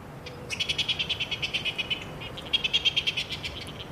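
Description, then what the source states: Cook's petrel calls: a fast series of high, sharp chattering pulses, a short break near two seconds, then another rapid burst of the same clipped notes. Heard overhead at night in spring and summer in Auckland or Northland.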